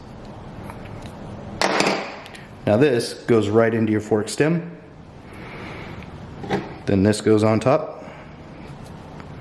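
Someone talks while handling a Quad Lock motorcycle phone stem mount, placing its base into the fork stem and bringing the top piece toward it so it can lock onto the base. Light handling knocks and taps are heard, the loudest near 1.6 s. The top piece has not seated or clicked onto the base yet.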